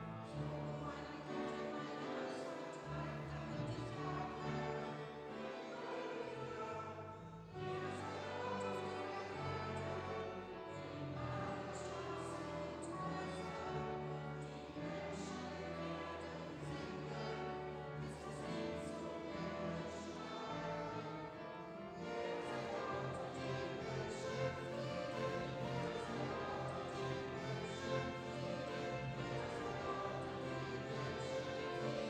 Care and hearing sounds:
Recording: everyday scene through a hearing-aid microphone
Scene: reverberant space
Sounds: music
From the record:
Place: church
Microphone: in the ear canal, left

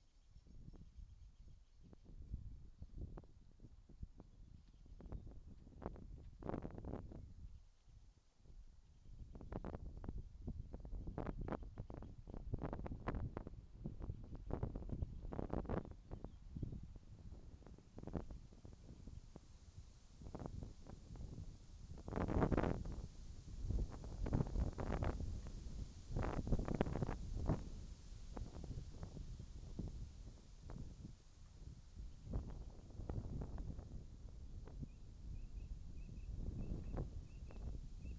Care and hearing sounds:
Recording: everyday scene through a hearing-aid microphone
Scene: wind on the microphone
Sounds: wind, whistling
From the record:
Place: in front of a rural house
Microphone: in the ear canal, left

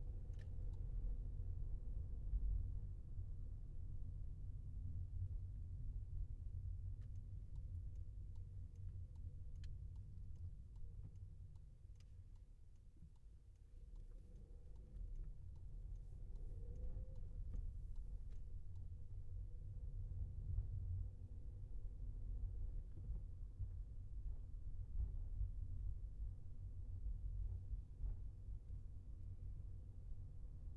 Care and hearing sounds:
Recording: everyday scene through a hearing-aid microphone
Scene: in a vehicle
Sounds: engine, highway traffic jam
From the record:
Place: Skoda Fabia, gasoline engine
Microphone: behind the ear, left, rear

